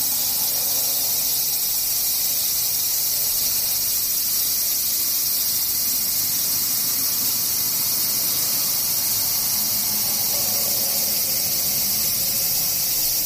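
Cicadas drone in a dense, unbroken shrill that holds steady for the whole stretch, with piercing high tones layered over a hissing wash. Nothing rises or stops; a faint low rumble sits far underneath.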